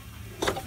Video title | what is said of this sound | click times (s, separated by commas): Master Sweeper Long Brush Diagnostics | here it says push take your thumb push - you hit click and the | 0.4 s, 0.5 s